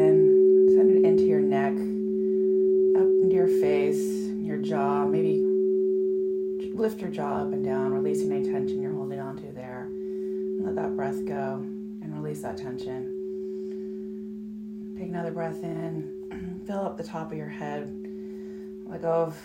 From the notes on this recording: Crystal Singing Bowls